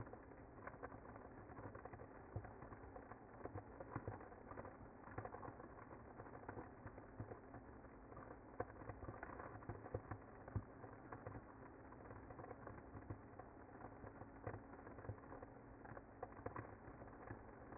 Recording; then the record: honeybee colony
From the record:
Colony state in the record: active